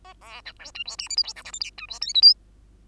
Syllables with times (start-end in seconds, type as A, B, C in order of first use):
0.04-0.14 A, 0.21-0.42 B, 0.45-0.53 C, 0.59-0.71 D, 0.74-0.83 E, 0.85-0.96 F, 0.98-1.08 G, 1.09-1.16 H, 1.17-1.23 I, 1.23-1.33 J, 1.36-1.43 K, 1.44-1.52 L, 1.52-1.59 M, 1.60-1.70 N, 1.77-1.86 E, 1.88-2.00 F, 2.01-2.14 O, 2.14-2.22 P, 2.22-2.34 Q